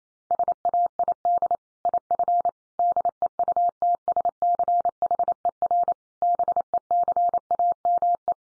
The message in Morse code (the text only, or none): SAID IF DEUTSCHER BECAME